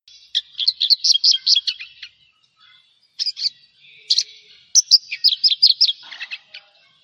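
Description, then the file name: Javan bush lark song: rapid run of sharp chirping notes, a brief pause, then short phrases and another fast chattering series. "suara burung branjangan jawa"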